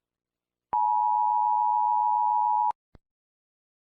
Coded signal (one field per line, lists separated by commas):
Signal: Emergency Alert System (SAME) tones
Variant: 853 and 960 Hz attention tone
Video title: eas scenario/mock F from alphabet lore invasion